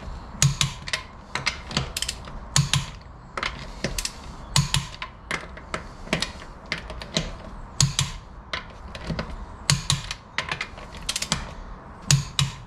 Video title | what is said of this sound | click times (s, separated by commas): BMW STEERING JUDDER INVESTIGATION - BRAKES, SUSPENSION OR STEERING? | okay and key thing there is I'm not tightening them any further I'm just letting the wrench click so that I know they're at the correct torque | 0.4 s, 2.6 s, 4.6 s, 7.8 s, 9.7 s, 12.1 s